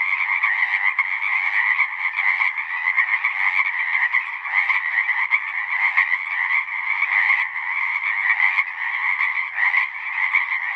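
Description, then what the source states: Pacific chorus frogs chorusing, overlapping crisp croaks surging and easing slightly in loose pulses throughout. Full chorus recorded after dusk; males giving the advertisement call, a distinct kree-eeck or ribbit, to attract females.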